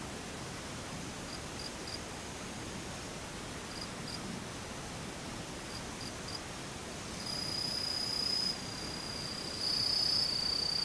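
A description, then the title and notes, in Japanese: Rain and insects: a steady, dense hiss of rain runs throughout, with faint repeated insect chirps in the first seven seconds. After about seven seconds a thin, high insect buzz sets in and grows louder near the ninth and tenth seconds. 無音ムシ雨。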